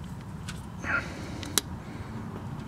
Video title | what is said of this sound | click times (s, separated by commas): 2013 F150 Fog Light Replacement | There you go, snaps into place. | 1.6 s